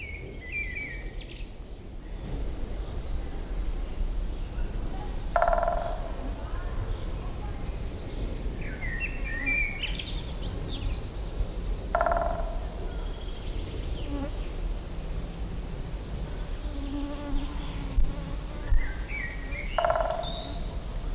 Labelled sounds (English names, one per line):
Great Spotted Woodpecker drumming